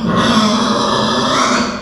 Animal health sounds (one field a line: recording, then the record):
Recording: squeal of a Yucatan mini pig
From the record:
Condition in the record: after surgery on the right vocal fold (resection and tissue-engineered implant)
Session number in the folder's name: 16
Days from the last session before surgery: 183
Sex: female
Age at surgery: 19 weeks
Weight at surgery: 25 kg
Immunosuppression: prednisolone